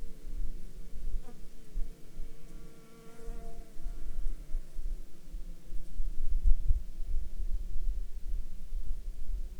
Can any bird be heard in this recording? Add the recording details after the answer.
no. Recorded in Ivvavik National Park, Yukon, on 26 June 2019 at 15:23. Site SINP09